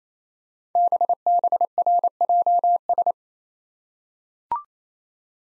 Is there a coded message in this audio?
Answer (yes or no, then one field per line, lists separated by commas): yes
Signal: Morse code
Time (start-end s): 0.8-3.1 s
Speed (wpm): 28 wpm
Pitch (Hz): 700 Hz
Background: none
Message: BBRJS